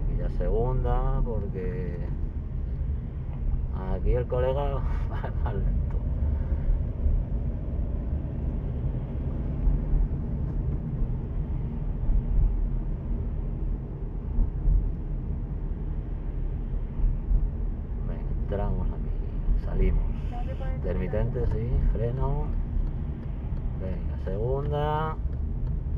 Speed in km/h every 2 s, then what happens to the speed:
33, 31, 30, 26, 20, 23, 30, 36, 34, 33, 30, 30, 30.
0-8 slows to 20. 8-14 speeds up to 36. 14-26 steady at about 30.